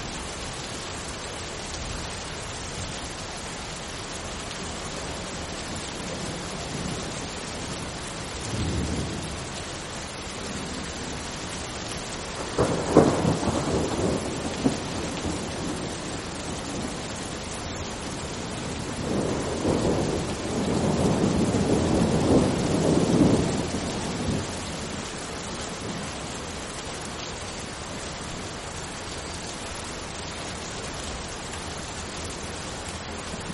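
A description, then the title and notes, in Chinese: Rain falls steadily outside a window, a dense, even hiss that holds through the whole recording. Low rumbles of thunder roll in around 9 seconds, more strongly from about 13 to 16 seconds, and again in a longer, heavier roll between roughly 19 and 24 seconds. 自然音白噪音催眠-窗外的雨。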